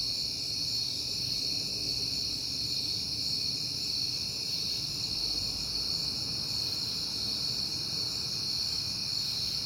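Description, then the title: Crickets chirping in a steady, continuous high-pitched chorus with no breaks, over a faint low rumble. Crickets recorded on a peaceful night in September; the recordist has been hearing them a lot lately. "Night Time: Crickets and Passing Cars"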